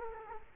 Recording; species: mosquito wingbeat signal from an infrared sensor; Culex quinquefasciatus